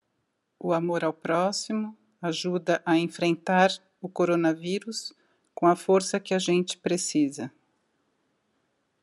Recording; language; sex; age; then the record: spoken sentence; Brazilian Portuguese; female; 50 to 59 years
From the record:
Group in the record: control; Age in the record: 57 years